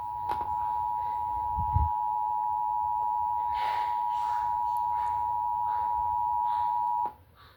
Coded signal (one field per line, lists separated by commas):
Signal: Emergency Alert System (SAME) tones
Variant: 853 and 960 Hz attention tone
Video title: EAS #222 Severe Thunderstorm Warning on WRAY-TV